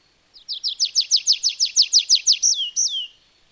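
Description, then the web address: Bird singing a rapid, even trill of roughly twelve high falling notes, closed by two drawn-out hooked whistles that slide down. "madarak enek"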